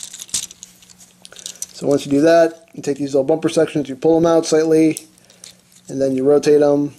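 A plastic back panel on a transforming robot toy is flipped all the way back into the torso and snaps into place at about 0.4 s, locking the assembly together. A few small plastic clicks and handling sounds follow before someone talks.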